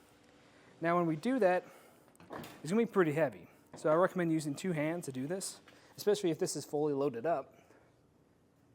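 A man talks while a steel Benton Shifts&Grins hitch bike rack on a 2024 Jeep Grand Wagoneer L is about to be lifted with two hands from its tilted position back toward the upright seated position on the hitch shank. Nothing has seated or clicked yet; the tilt latch has not clicked into place.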